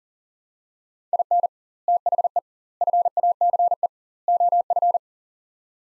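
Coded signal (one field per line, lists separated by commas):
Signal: Morse code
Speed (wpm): 40 wpm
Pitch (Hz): 700 Hz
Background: none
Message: IN THE FACE OF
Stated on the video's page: Morse practice at 40 wpm: sets of four words with double word spacing, a word-level Farnsworth-style drill for head-copying.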